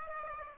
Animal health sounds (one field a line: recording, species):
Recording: mosquito wingbeat signal from an infrared sensor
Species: Aedes aegypti